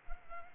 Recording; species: mosquito wingbeat signal from an infrared sensor; Culex pipiens